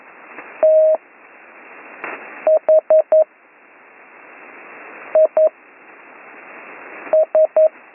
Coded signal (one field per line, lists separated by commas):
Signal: Morse code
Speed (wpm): 11 wpm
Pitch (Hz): 630 Hz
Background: none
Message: THIS